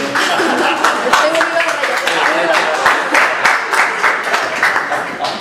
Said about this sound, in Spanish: Gracias por los aplausos.